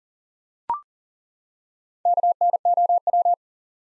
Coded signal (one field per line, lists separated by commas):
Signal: Morse code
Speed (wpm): 40 wpm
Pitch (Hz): 700 Hz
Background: none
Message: KNOW